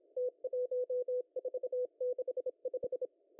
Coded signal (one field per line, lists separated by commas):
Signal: Morse code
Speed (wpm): 27 wpm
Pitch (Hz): 500 Hz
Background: none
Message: T1465